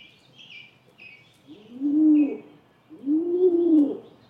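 Rock pigeon producing two drawn-out low coos, rising then falling, with faint high bird chirps at the start.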